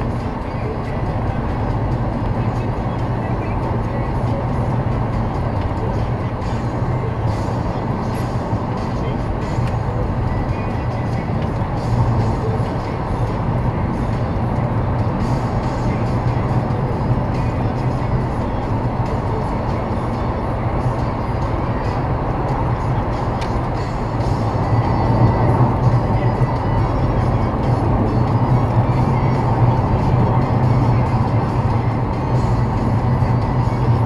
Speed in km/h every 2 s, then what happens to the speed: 79, 83, 85, 85, 85, 90, 95, 97, 100, 104, 103, 106, 110, 101, 95, 90, 82.
0-23 speeds up to 110. 25-34 brakes to 82.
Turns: none.